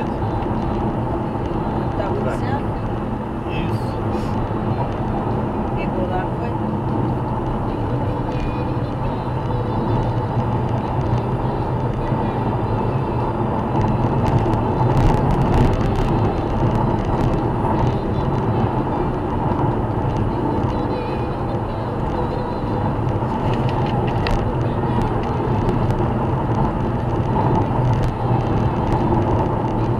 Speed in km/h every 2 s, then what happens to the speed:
105, 106, 107, 108, 108, 111, 112, 111, 110, 111, 112, 112, 112, 111, 109.
0-10 speeds up to 111. 10-30 steady at about 111.